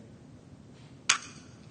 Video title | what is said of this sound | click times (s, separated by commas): Rapid Radio Reversing | there we go do you hear that click that click was this thing unlocking and now I can remove | 1.1 s